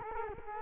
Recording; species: mosquito wingbeat signal from an infrared sensor; Culex quinquefasciatus